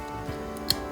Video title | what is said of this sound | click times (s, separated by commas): CONSTRUISEZ LECTO-1 DE GHOSTBUSTERS EAGLEMOSS N°107/108/109 | ensuite on y met cette garniture qui vient juste se clipser pour l'instant. Voilà. | 0.7 s